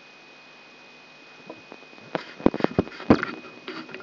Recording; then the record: brain microelectrode recording played as sound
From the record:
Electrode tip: outside the subthalamic nucleus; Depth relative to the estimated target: 4 mm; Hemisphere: left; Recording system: AlphaMap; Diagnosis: Parkinson's disease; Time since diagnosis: 10 years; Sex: female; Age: 63 years